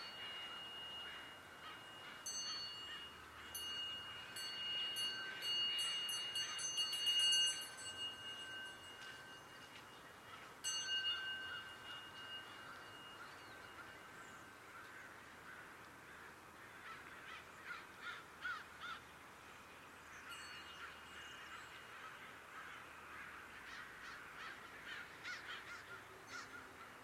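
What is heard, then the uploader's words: Birds call along footpaths at a Zen center, with harsh, crow-like caws and sharp chirps clustered in the first eleven seconds. Afterward the calls thin to softer, scattered notes over a steady, even hiss that runs throughout. Recorded January 22, 2022 at Dharma Rain Zen Center along the various footpaths open to the public.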